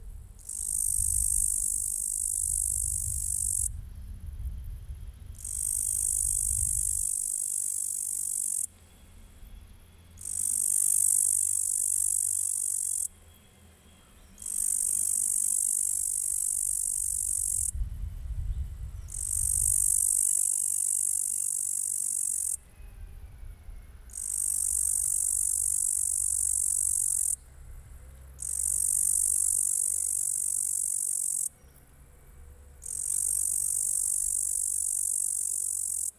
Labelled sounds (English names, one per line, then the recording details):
Upland Green Bush-cricket stridulation
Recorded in the wild
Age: imago
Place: Pähnitz, Thuringia, DE
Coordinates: 51.0365, 12.4784
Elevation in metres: 160
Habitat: fallow field
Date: 2024-07-29 17:28
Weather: 23°C, sunny, no wind
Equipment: Sound Devices MixPre6, 2 Sennheiser MKH8040
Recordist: Frommolt, Karl-Heinz
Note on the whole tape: Tettigonia cantans, singing on a moth bush. Distance first 2.5 m, then 1.2 m. Recording level was adjusted when distance changed. Photo of the animal available. Temperature in the sun close to the animal 35°C (LASCAR USB2 Datalogger)